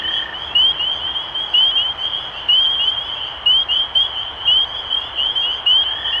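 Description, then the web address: Spring peeper chorus of shrill upslurred peeps, several standing out about once a second over a constant high ringing, with a brief lower tone at the start and end. Recorded 23 March 2012. "rob animals Peepers-2012-0323"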